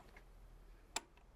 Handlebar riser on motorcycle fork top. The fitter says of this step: bar risers can go on anywhere really but when you hear them click into place it's where you want them